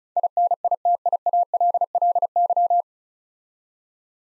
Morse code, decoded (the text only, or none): INITIALLY